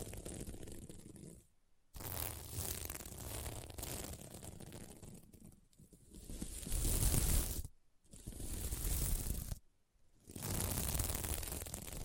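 Fingers scratch across a sequin mermaid pillow in long, dense, rasping strokes with a crisp, hissy edge and a low rumble underneath. The scratching stops briefly around 2, 8 and 10 seconds, and grows louder and rougher in the second half.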